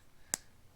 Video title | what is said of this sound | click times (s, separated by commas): Let's Build! 3 in 1 Mighty Dinosaurs! - 31058 | click right into there | 0.3 s